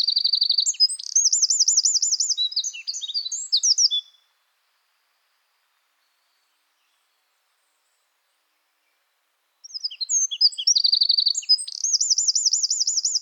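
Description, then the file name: Eurasian wren song in two loud bursts of high, rapid trills and jumbled chips, separated by a long silence. "Troglodytes troglodytes"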